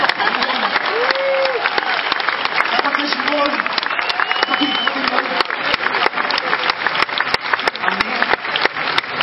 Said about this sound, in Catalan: sisplau, un aplaudiment també.